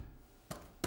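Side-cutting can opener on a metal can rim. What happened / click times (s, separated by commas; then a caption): The opener ticked free of the can rim / 0.5 s, 0.8 s. A side-cutting Profi Can can opener with a plastic and steel Softgrip body is turned back to release from the folded seam of a metal tin can rim after cutting around it. Two short ticks are heard at 0.5 and 0.8 seconds, the second one louder. The opener is released from the can rim.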